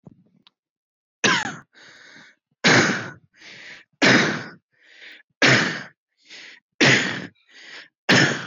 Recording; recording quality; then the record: heavy voluntary cough; excellent, no background noise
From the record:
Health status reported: healthy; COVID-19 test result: not tested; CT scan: not taken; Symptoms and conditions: cold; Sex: male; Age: 29 years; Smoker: no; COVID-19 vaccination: one dose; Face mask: not worn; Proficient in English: yes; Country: India